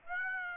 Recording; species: mosquito wingbeat signal from an infrared sensor; Aedes aegypti